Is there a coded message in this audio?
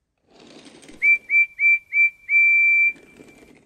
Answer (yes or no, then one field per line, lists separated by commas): no